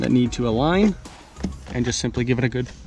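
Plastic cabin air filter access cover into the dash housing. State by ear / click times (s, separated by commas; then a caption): not seated / none. A plastic cabin air filter access cover for a 2013–2020 Ford Fusion is being handled and lined up to go into the dash housing, with its pins and side connectors needing to align. Someone talks throughout, with faint handling noise underneath. Nothing has seated or clicked yet.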